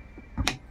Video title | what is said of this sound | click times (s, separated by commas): SHIFT LEVER STUCK TO PARK HOW TO FIX - NISSAN XTRAIL 2014 | Okay p nag-click na yan Okay na naka-lock Na ayos na | 0.5 s